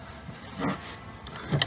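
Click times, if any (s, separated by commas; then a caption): 1.6 s. A fuel pump electrical connector on a 2000 Audi A8 is pushed onto its socket on the pump assembly. After some quiet handling noise, a sharp click at 1.6 s confirms the connector has seated.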